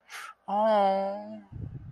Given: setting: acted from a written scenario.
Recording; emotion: vocal sound without words; sympathy